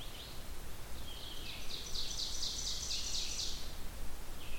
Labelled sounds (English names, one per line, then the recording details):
Ovenbird song
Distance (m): 65 m
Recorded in boreal forest in Alberta, Canada, on 16 June 2016 at 07:02
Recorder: SongMeter 3, array SBT-3-32
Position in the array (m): 163 m, 36 m
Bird 36